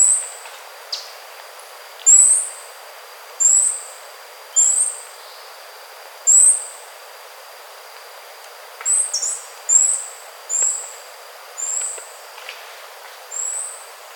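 Bird giving repeated very high, thin whistles at irregular intervals, some slightly falling, over quiet background hiss with faint clicks.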